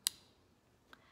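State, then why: Seated. A magnetic charging plug is brought to the charging contacts on a device and snaps on with a strong, sharp click at 0.1 s. A much fainter click follows at 0.9 s, and the cord is seated.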